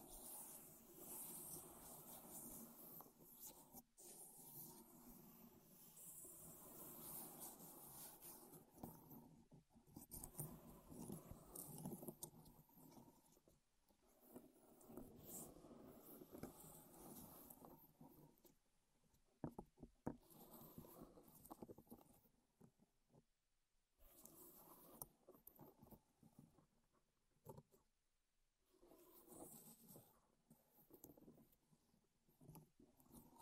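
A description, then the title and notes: Wood triggers sound in the ears, with dense scratching, tapping and rubbing that keeps shifting in texture and loudness. Bright, crisp scrapes alternate with softer, muffled stretches, and short gaps of near silence come around 20 and 24 seconds before the handling resumes. ASMR Wood Triggers in Your Ears (No Talking).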